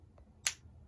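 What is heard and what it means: A bike computer mount adapter, used to fit a Wahoo onto a Garmin mount, is pushed onto the aero handlebar computer mount of a Vision Metron 5D aero road bar. After a faint tick at 0.2 s, a single sharp, bright snap sounds at 0.5 s as the adapter clicks in. The adapter is confirmed seated.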